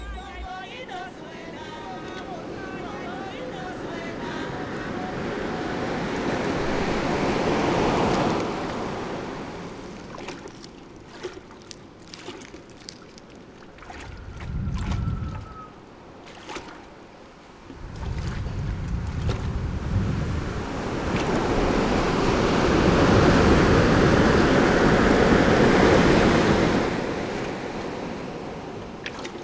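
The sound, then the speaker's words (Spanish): Sea waves surge and recede in broad, hissing swells while gusts of wind buffet the microphone with low rumbling bursts in the middle, the roar building again toward the end. “Para entender el mar hay que tener ritmo, establecer un diálogo, tararear una secuencia musical, vincular una historia con un ruido y con otro.”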